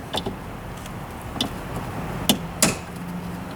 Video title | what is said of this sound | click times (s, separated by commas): Front End LED Light Upgrade -Sealight S2 Headlights & JDM ASTAR Fog Lights- 2020 Chevy Colorado Z71 | hear the snap of the two tabs and we | 2.3 s, 2.6 s